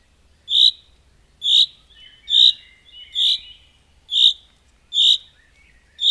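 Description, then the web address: Common chaffinch calling with a series of clear, sharp notes at an even pace. "Madardalok Cd 1. Erdei pinty"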